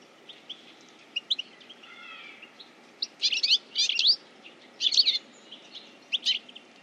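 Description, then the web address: Bird calls, scattered soft chirps at first, then several dense, scratchy chattering bursts, over a low steady background hum. "Deverinetal. Bird Only"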